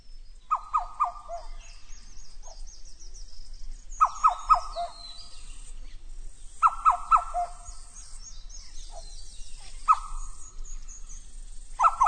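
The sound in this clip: Oropendola: bursts of gurgling, liquid slurred notes repeated several times, with busy high-pitched chatter from other birds throughout.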